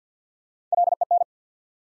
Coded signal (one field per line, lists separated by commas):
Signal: Morse code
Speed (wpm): 50 wpm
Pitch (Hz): 700 Hz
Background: none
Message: LEN